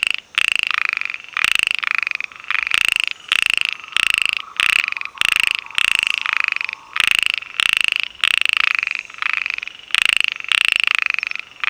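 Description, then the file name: Heymons' narrow-mouthed frogs in a dense chorus: rasping pulsed notes follow almost without pause, several frogs overlapping throughout. "Microhyla heymonsi"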